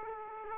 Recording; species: mosquito wingbeat signal from an infrared sensor; Aedes aegypti